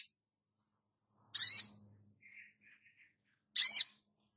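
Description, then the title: Spiderhunter song in short, harsh, chattering high bursts about two seconds apart, with a few faint thin notes between them. Masteran (training recording for cage birds), Labaik variant. "Masteran Burung Sogok Ontong Labaik"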